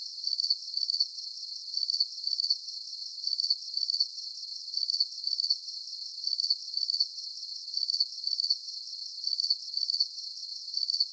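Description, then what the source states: Insect sounding short trilled chirps in regular doublets, a little softer between bursts, steady throughout. Night-time background of insect chirping.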